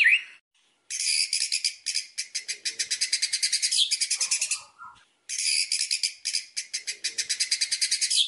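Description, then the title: White-rumped shama song: long, very high buzzy rattling trills broken by a short pause, with a few soft lower notes between bursts. Song used as a lure (pancingan) to make other shamas respond; said to work on first hearing with an immediate response; bird described as singing constantly (gacor). "PANCINGAN MEWAH MURAI BATU GACORSEKALI DENGAR AMPUH LANGSUNG RESPON"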